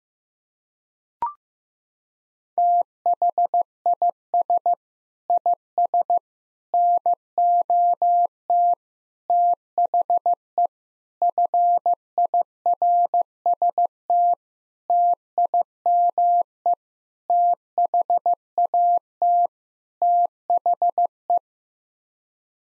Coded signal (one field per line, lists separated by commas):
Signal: Morse code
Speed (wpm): 15 wpm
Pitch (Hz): 700 Hz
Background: none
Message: THIS IS NOT THE FIRST TIME THAT THE